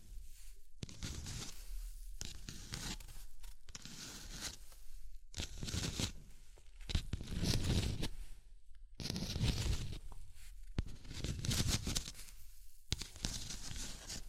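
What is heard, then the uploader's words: Scratching and tracing strokes come in bursts of one to two seconds, separated by brief pauses, rough and papery with bright hissing edges. Tapping, Scratching, Tracing and Panning.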